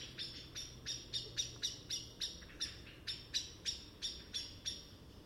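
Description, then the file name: Common blackbird calling with a steady series of hard, metallic chinks, several per second, against a low background hum. "Turdus merula"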